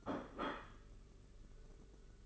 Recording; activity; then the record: daily activity, microphone in the room; place plate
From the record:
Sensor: 4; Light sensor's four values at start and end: 20/65/24/24 and 20/65/24/24